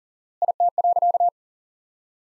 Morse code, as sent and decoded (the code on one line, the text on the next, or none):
.. - .-.-.-
IT.